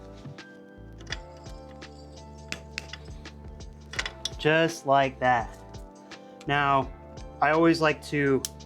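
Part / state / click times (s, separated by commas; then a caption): master link retaining clip on motorcycle drive chain / not seated / none. A motorcycle drive chain master link with its retaining clip is being handled on a Honda Shadow chain and sprocket upgrade, with short metallic taps and clinks heard over steady background music. Someone talks. Nothing has seated or clicked yet: the clip ends before the master link is pushed back for the two clicks that show it is settled on the chain.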